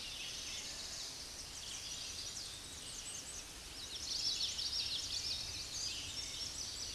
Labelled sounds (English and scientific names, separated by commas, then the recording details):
Common Yellowthroat (Geothlypis trichas) song
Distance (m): 40 m
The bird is about 5 m below the microphone
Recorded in a Pennsylvania forest on 16 May 2024 at 09:03
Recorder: AudioMoth, point MSD-2040
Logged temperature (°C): 15.3 °C
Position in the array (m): 56 m, 154 m